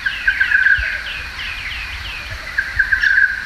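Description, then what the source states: Olive-backed oriole song: two bursts of rolling, liquid whistled phrases over steady background noise. Recorded on Bribie Island; the song, rendered as "ori ori ol", is repeated constantly and dominates the whole recording; described as attractive at first but soon monotonous.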